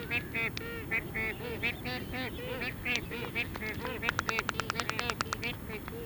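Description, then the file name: Black-footed albatross calls: a steady run of short honking, harmonic notes several times a second, with a burst of sharp clicking clatter. "Black footed Albatross Phoebastria nigripes"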